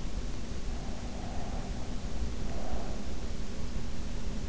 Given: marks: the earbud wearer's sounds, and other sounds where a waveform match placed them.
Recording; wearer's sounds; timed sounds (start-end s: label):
sounds in sleep by an in-ear microphone; breath
0.50-3.43 s: breath